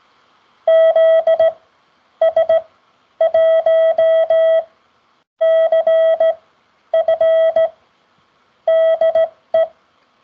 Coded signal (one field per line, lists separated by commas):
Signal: Morse code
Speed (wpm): 16 wpm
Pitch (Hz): 650 Hz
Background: none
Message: ZS1CF DE